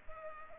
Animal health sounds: mosquito wingbeat signal from an infrared sensor; Culex quinquefasciatus

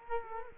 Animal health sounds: mosquito wingbeat signal from an infrared sensor; Culex quinquefasciatus

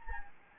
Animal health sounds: mosquito wingbeat signal from an infrared sensor; Anopheles gambiae

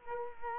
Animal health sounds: mosquito wingbeat signal from an infrared sensor; Culex quinquefasciatus

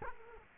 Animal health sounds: mosquito wingbeat signal from an infrared sensor; Culex quinquefasciatus

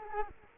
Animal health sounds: mosquito wingbeat signal from an infrared sensor; Culex quinquefasciatus

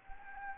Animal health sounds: mosquito wingbeat signal from an infrared sensor; Anopheles gambiae

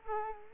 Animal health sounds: mosquito wingbeat signal from an infrared sensor; Culex quinquefasciatus

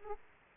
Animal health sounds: mosquito wingbeat signal from an infrared sensor; Aedes aegypti

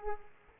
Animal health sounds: mosquito wingbeat signal from an infrared sensor; Aedes aegypti

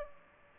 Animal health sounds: mosquito wingbeat signal from an infrared sensor; Aedes aegypti

